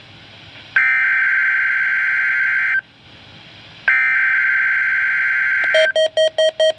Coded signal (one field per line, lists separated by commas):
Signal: Emergency Alert System (SAME) tones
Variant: header bursts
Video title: Required Weekly Test - 06/04/14 (EAS #697)